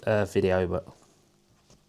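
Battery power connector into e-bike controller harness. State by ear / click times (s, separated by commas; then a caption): not seated / none. Someone talks for the first 0.8 seconds while handling the battery power connector of a 2000W DIY e-bike kit, about to plug it into the controller harness. After that there is only quiet background with a faint soft sound near 1.7 seconds. The connector has not seated or clicked yet.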